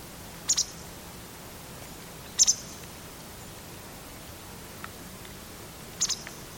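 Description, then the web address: Bird calling with three brief, shrill doubled chirps, each a quick high pair of notes, against quiet background hiss. "Deverinetal 2025 File origin Bird Only"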